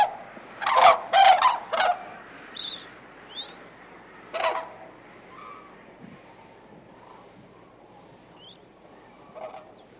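White-naped crane calls, a quick burst of several loud honks, then a single honk, followed by quiet with faint chirps.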